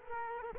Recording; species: mosquito wingbeat signal from an infrared sensor; Culex quinquefasciatus